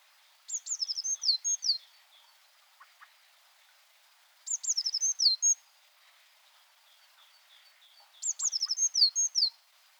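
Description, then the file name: Eurasian blue tit song: a high, thin phrase of descending notes run into a short trill, repeated three times about every four seconds. "Cyanistes caeruleus"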